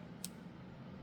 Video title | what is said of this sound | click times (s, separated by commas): HASBRO X STADIUM! Xtreme Battle Set Unboxing (guest starring Tusk Mammoth) | I don't know if you could hear that uh it's a little click so then you put the | 0.2 s